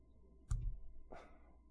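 A single dull, low thud near the half-second mark, followed by a brief soft click-like rustle, against quiet room noise; the pop is barely audible. This is an adult's shoulder joint popping back into its socket after partial dislocation, an audible joint clunk of subluxation.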